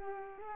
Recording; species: mosquito wingbeat signal from an infrared sensor; Culex pipiens